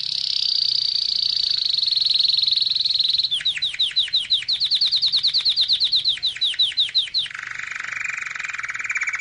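Canary song: a high rapid trill, then a series of quick descending sweeping notes, ending in a lower buzzy rolled trill.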